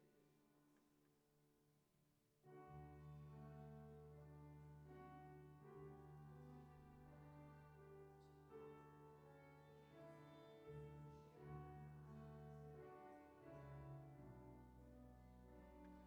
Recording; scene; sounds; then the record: everyday scene through a hearing-aid microphone; reverberant space; music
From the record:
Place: church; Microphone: behind the ear, left, front